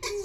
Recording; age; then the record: pig call; weaner (32 to 43 days)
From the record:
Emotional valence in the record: negative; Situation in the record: novel object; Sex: female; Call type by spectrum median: low-frequency call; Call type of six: high-frequency stable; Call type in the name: high-frequency stable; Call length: 0.25 s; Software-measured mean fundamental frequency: 388 Hz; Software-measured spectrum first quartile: 441 Hz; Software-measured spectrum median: 1433 Hz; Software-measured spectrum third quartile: 4521 Hz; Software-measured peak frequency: 401 Hz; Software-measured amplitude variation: 96 dB a second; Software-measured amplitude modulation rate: 18.0 a second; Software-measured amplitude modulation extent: 5.3 dB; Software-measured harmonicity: 10.3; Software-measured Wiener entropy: -3.62